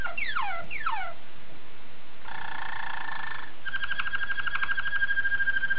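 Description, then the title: Oriental magpie-robin song: quick falling whistled sweeps, then a harsh buzzy chatter, followed by a buzzy trill ending on a sustained whistle. "Kicau Kacer"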